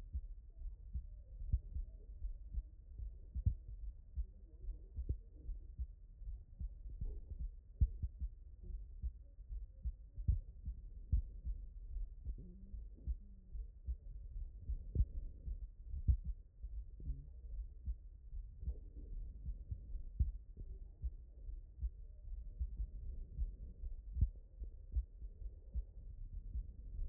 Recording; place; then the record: heart sounds by stethoscope; aortic valve (AV)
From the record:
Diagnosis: non-HFrEF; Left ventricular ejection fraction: 48%